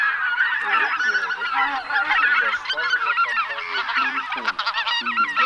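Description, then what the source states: Greater white-fronted goose flock, many high yelping honks piled together with lower, shorter cackles breaking through, steady and busy throughout. Flock of greater white-fronted geese, chatter recording used as a hunting lure.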